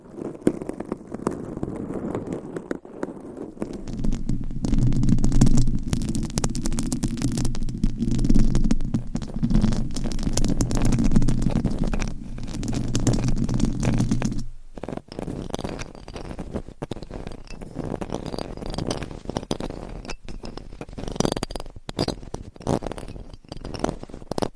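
Scratching and rubbing on a microphone cover, a dense, rough crackle that rises and falls. From about 3 to 14 seconds a low steady rumble with a hum underneath swells beneath it, then cuts off sharply; after that come quicker, brighter scratches and taps.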